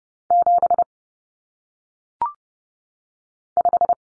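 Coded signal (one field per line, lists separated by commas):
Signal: Morse code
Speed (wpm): 30 wpm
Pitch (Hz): 700 Hz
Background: none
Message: 75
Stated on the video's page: Morse code practice of common single-digit cut numbers at 30 wpm, with T, A, N standing for 0, 1, 9, each sent, spoken, then sent again.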